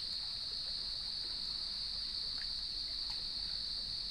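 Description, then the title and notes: Cricket chorus as a constant shrill tone, unvarying from start to end, with a soft wash of waves underneath. Evening chorus at sunset on the beach of Lighthouse West Natural Area, Leelanau Peninsula, beside gnarled cedar trees, with waves in the background. "Sounds of Leelanau Peninsula: Lighthouse West Natural Area. As I approached the beach, the sun was just setting, and the crickets made themselves known. Nature is my Jam"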